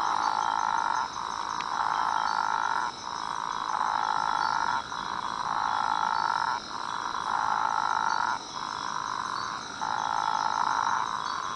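Physalaemus atlanticus frog giving long buzzy notes, each one to two seconds, repeated steadily with brief gaps, over a constant high-pitched hum.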